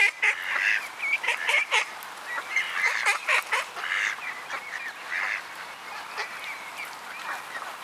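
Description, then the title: Ducks calling: many short, overlapping calls and chatter, irregular and busy. At a pond. "mlaka, Borov gozdiček - ducks"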